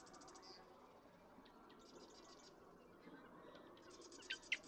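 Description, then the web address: Marsh Wren song: faint, rapid, buzzy trills at high pitch, followed by a few sharp, loud clicking notes near the end over a steady background hiss. "birdsongforthecurious Marsh Wren"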